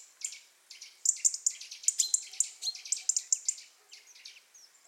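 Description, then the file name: European robin chirping: a dense run of high, sharp, tinkling notes that speeds up after the first second and then thins out. "Erithacus rubecula"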